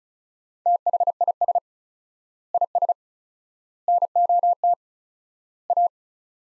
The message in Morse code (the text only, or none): THIS IS NOT A